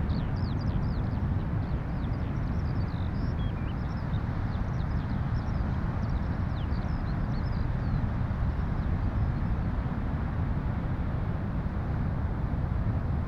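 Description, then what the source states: Eurasian skylark song, a faint, rapid run of high chirping and warbling notes over the first eight seconds, half-buried in a steady deep roar of surf. Skylarks singing north of Bude, Cornwall, with distant thundering surf.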